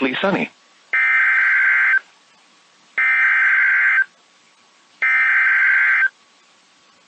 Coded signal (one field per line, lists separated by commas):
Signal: Emergency Alert System (SAME) tones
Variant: header bursts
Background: speech